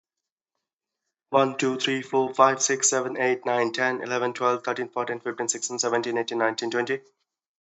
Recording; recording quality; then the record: counting at a fast pace; moderate, slight background noise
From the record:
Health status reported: exposed to COVID-19, no respiratory illness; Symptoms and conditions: none ticked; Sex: male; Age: 30 years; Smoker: yes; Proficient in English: yes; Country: India